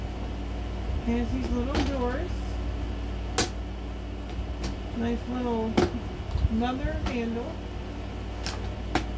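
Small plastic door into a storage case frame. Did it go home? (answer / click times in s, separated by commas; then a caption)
yes / 8.5 s, 8.9 s. Someone talks while fitting small plastic doors onto the frame of a small three-piece plastic storage case, with a single sharp tap at about 3.4 s. Two short clicks follow at 8.5 s and 9.0 s as the doors snap into place and seat.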